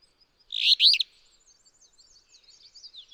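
Alder flycatcher song: one short, buzzy burst of rough notes, followed by faint high twittering.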